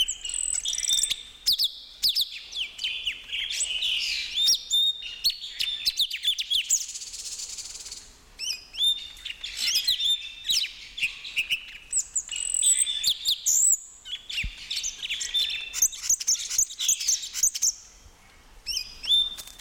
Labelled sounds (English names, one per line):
Red-billed Leiothrix